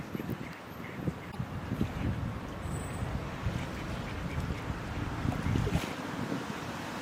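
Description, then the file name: Mallard quacking faintly over steady low rumbling wind and water noise. Female, recorded in Prule, Ljubljana, on 17 December 2021. "Prule ANSERIFORMES Anas platyrhynchos MLAKARICA. LJUBLJANA"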